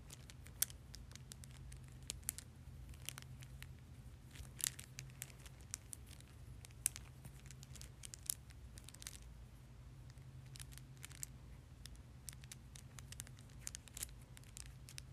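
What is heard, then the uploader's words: Someone fiddles with a tangle fidget toy, producing quick, irregular clicks and small snaps scattered through the whole clip, some sharper than others. A steady low hum sits underneath. Playing with a Tangle Fidget.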